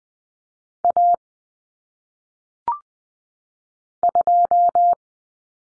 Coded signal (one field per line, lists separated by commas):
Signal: Morse code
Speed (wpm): 20 wpm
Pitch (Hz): 700 Hz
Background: none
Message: A 2